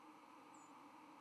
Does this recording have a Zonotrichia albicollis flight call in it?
yes